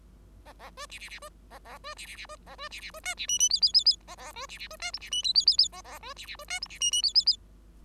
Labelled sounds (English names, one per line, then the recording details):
Bengalese Finch song
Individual Bird5